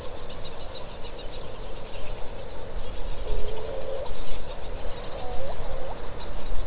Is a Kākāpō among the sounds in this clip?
no